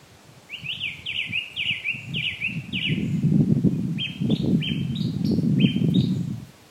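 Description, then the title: Bird song, a series of quick rising and falling whistled notes, pausing then resuming, over a steady low rumble. Ross Island, County Kerry, Ireland. "爱尔兰凯里罗斯岛罗斯岛鸟儿的声音"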